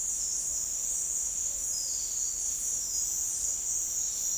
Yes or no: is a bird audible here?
no